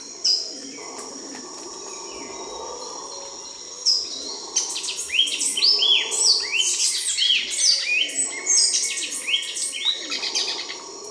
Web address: Natures Songs S America Eastern Lowlands. Eucometis penicillata, calls and song